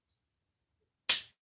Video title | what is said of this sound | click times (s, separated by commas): CRKT Humdinger Live Review | Locks into place. | 1.1 s